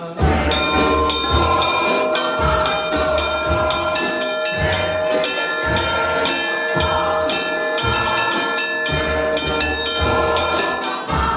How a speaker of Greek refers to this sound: Οι καμπάνες είναι από παλιά, είναι από τότε οι καμπάνες, πεντακάθαρος ήχος, άλλωστε οι καμπάνες ποτέ δεν χάνουν τον ήχο τους, γι' αυτό υπάρχουν, για να σημάνουν κάποια στιγμή αυτό που όλοι θέλουμε.